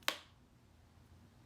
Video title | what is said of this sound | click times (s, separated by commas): Westman Atelier Vital Skincare Complexion Drops - Demo, Review, Comparison - Mature Skin | and it does feel pretty tightly like it yeah it kind of clicks into place | 0.1 s